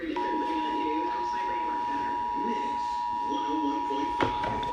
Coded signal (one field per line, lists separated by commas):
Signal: Emergency Alert System (SAME) tones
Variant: 853 and 960 Hz attention tone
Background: speech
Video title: EAS #105 Severe Thunderstorm Warning